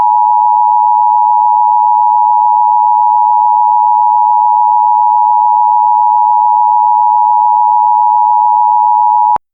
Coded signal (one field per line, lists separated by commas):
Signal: Emergency Alert System (SAME) tones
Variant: 853 and 960 Hz attention tone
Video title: EAS Scenario #2: Calamity Ganon